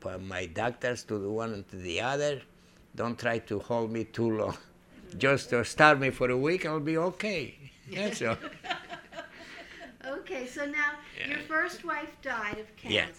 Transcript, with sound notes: My doctor, one to the other, don't try to hold me too long. Just starve me for a week, I'll be okay, so. ( they laugh )
Okay. So, now, your first wife died of cancer.